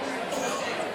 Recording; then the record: coughing mixed with background sound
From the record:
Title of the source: Residual Phlegmy Morning Coughing and Gagging